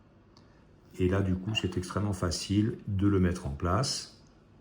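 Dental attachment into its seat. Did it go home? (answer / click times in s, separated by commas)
no / none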